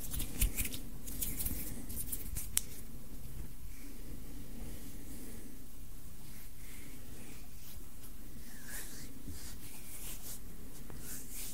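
Hands rub and brush against each other in a steady, dense stream of soft friction sounds, with a low rustling rumble underneath. A few sharper clicks and snaps stand out early, near the start and around two and a half seconds, then the rubbing continues evenly.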